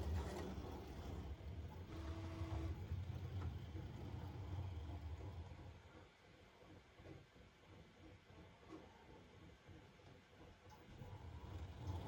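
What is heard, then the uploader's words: A battery-powered model 0-4-0 tank engine runs with a low, steady rumble and busy rattling through the first half. Around the six-second mark it drops quieter, leaving fine clicks and light ticking, then the rumble swells again near the end. This shows a simple shuttle. It's a battery powered model of an 0-4-0 tank engine. The track is electrically 'dead'.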